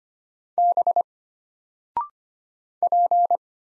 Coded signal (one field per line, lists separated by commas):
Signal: Morse code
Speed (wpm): 25 wpm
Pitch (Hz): 700 Hz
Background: none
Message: B P